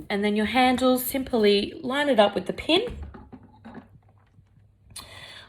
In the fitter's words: And it will click in like so.